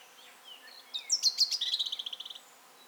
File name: Erithacus rubecula - European Robin